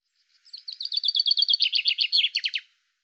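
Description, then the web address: Common chaffinch song, one bright trill of repeated notes stepping downward in pitch and closing with an emphatic terminal flourish, no other sounds. "Deverinetal 2025 File cleaned normalized Bird Fr Co"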